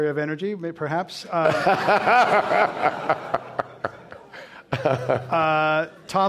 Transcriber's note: laughter